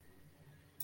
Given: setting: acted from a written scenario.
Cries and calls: vocal sound without words; shame

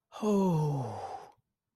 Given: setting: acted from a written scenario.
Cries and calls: vocal sound without words; elation

